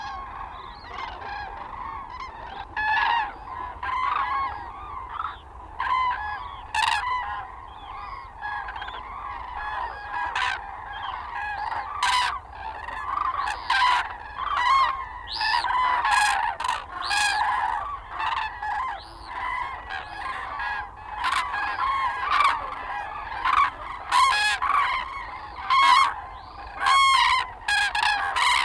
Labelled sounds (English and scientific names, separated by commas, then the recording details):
Common Crane (Grus grus) call
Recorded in the wild
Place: Freesen, Insel Rügen, Mecklenburg-Vorpommern, DE
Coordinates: 54.497, 13.237
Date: 1969-10-05 18:12
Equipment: Nagra III BH, Sennheiser MD 21, parabola
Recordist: Schubert, Michael
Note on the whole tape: Bei Freesen: Kraniche, nur weniger Expl., z. T. übersteuert E. 18,12